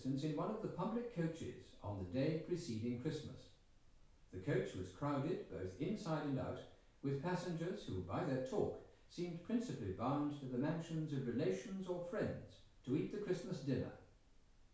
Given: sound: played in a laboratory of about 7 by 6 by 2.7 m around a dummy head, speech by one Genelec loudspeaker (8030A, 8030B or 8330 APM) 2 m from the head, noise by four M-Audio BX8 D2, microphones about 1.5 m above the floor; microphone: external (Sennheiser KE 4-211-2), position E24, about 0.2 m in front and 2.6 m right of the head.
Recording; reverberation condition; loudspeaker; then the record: male speech in English; medium; 30 degrees to the right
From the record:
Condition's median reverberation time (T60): about 510 ms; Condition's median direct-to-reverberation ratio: about -0.5 dB